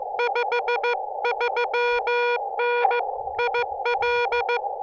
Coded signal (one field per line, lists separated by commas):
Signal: Morse code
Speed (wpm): 15 wpm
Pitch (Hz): 480 Hz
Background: music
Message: 53N IL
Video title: Dual Summits on the Air (SOTA) Morse Code activation.